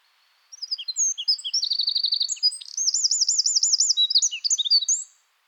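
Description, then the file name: Eurasian wren song, a loud rapid outpouring of high, sharp notes with two fast rattling trills in the middle, lasting about four and a half seconds, with a quiet background. "Troglodytes troglodytes"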